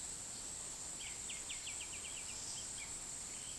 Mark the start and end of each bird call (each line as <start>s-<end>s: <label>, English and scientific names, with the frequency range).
0.86s-2.39s: White-winged Becard (Pachyramphus polychopterus) (1.8-4.3 kHz)